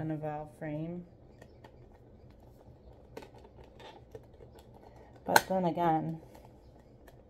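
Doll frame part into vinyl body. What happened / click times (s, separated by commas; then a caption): The frame part is being handled but has not clicked into place yet / none. Someone talks while handling a section of a doll's internal frame being worked into its vinyl body/leg part, with faint scattered ticks and taps of handling between the speech. Nothing has seated or clicked into place yet by the end of the clip.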